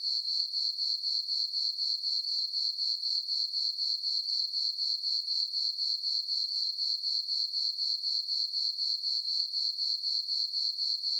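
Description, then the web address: Crickets chirping in a continuous shrill pulse, evenly about four per second throughout, nothing else audible. Night ambience of crickets chirping. "Animal, Crickets, Chirp, Ambience, Night, Insect, Bug"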